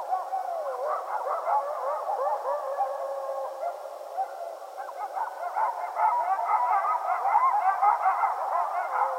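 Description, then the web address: Coyote pack calling together, overlapping quavering howls and high yips that keep going throughout and swell louder in the last few seconds. Several coyotes; recorded 15 February 2012. "Coyote 2012 02 15 Coyotes"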